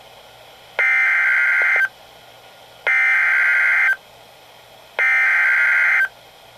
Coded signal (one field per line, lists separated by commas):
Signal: Emergency Alert System (SAME) tones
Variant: header bursts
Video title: 2 Severe T-Storm Warnings/2 Severe T-Storm Watches [QUAD HEADER - EAS #456-459] (8/5/2012)